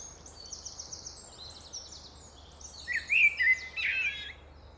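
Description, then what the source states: Common Blackbird song: soft, high twittering first, then a louder short fluty phrase with a scratchy high ending. Male blackbird singing alone in a park; another male nearby, song perhaps about territory.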